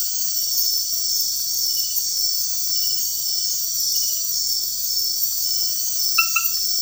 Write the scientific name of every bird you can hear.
none